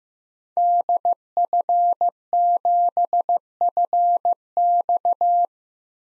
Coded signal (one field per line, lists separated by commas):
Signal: Morse code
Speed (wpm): 15 wpm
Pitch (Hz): 700 Hz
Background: none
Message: DF7FX